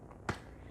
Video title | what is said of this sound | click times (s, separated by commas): Oyster 3 Full Demonstration | you've got two sides and you will hear it click | 0.3 s